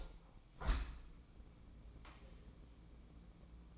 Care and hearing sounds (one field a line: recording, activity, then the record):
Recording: daily activity, microphone in the room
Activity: open window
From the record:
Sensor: 1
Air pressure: 1012.4 hPa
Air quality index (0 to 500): 169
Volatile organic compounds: 3 ppm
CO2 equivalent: 1375 ppm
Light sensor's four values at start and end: 216/495/219/239 and 215/492/218/239